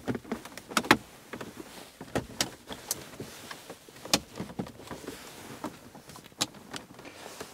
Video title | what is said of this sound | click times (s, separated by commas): LINKSWELL GEN 5 T-Style F150 Radio How to Install & Review - Sirius XM Ready! - 12.1" Touch Screen | Just push till you hear everything snap back into place. Everything should clip back in firmly. | 0.8 s, 0.9 s, 2.4 s, 2.9 s, 4.1 s, 6.4 s